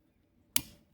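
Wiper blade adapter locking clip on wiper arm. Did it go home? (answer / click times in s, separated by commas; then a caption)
yes / 0.6 s. On a 2013–2016 Mazda CX-5, the plastic locking clip on a silicone wiper blade's adapter is pressed down over the wiper arm after the blade is seated on the hook. A single sharp click rings out at 0.6 s, then a short decay fades into quiet. The clip locks down and the blade is secured.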